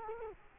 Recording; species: mosquito wingbeat signal from an infrared sensor; Culex quinquefasciatus